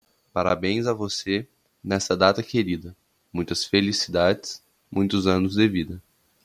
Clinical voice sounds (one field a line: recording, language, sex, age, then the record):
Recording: short text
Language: Brazilian Portuguese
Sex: male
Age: 20 to 29 years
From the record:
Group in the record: control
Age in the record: 22 years